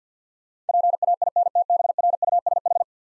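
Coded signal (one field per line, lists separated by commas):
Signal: Morse code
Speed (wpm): 52 wpm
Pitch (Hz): 700 Hz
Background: none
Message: PAINTBRUSH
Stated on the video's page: Practice set of difficult words with contextual hints, sent at 50 wpm for copying practice.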